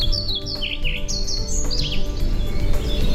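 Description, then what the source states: Pied flycatcher song: quick sequence of high, sweet notes sliding up and down over a low humming background. Endangered species, less often heard.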